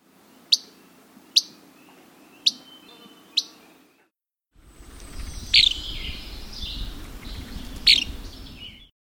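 Least flycatcher, four sharp high notes about a second apart, then a noisier stretch with a low rumble and two more sharp notes.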